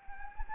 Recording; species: mosquito wingbeat signal from an infrared sensor; Anopheles gambiae